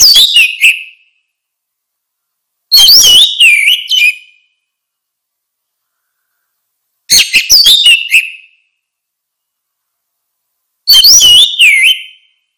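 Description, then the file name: Orange-headed thrush song: four bursts of sharp, squeaky and whistled notes ending in a slurred descending whistle, spaced several seconds apart. "suara kicau burung anis merah"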